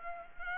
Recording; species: mosquito wingbeat signal from an infrared sensor; Culex pipiens